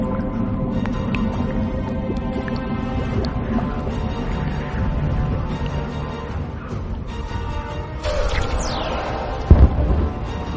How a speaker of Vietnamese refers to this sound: Tiếng nổ vang trời làm chấn động tất cả.